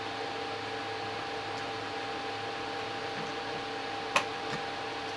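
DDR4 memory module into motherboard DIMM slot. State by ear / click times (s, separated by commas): seated / 4.2 s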